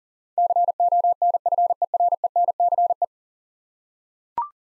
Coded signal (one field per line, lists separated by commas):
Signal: Morse code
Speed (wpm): 40 wpm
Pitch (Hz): 700 Hz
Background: none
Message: CONFERENCE